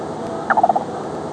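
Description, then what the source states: Yellow-billed cuckoo giving a quick run of several hollow clucking notes within a third of a second, against a steady background hiss. Recorded in New York.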